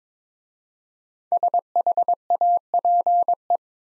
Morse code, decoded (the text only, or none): SHAPE